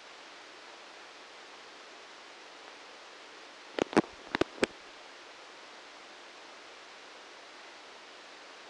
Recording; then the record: brain microelectrode recording played as sound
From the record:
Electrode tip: outside the subthalamic nucleus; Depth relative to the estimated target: -8 mm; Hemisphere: left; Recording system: NeuroSet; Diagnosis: Parkinson's disease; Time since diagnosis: 15 years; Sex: male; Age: 65 years